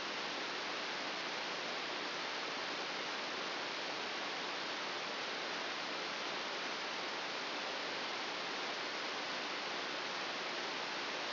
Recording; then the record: brain microelectrode recording played as sound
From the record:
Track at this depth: outside the subthalamic nucleus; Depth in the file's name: 7.001 mm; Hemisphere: right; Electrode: 2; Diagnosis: Parkinson's disease